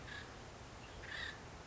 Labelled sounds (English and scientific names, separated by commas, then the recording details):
Acorn Woodpecker (Melanerpes formicivorus)
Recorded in Sonoma County, California